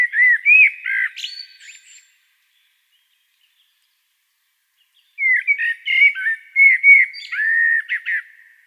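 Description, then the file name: Blackbird song phrases: mellow warbled whistles ending in a brief high squeak, then silence, then another longer fluting phrase. "Turdus merula"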